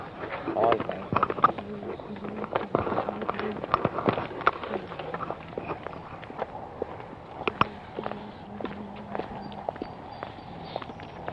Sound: microphone rattling

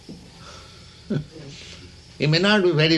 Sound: chuckles

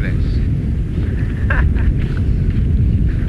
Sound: laughter

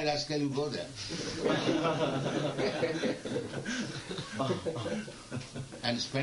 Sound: laughter

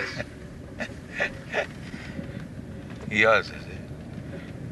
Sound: laughs

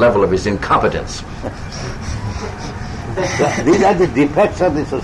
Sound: laughter

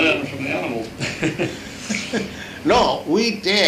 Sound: laughs

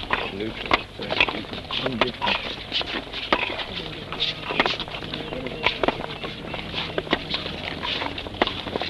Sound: chuckles

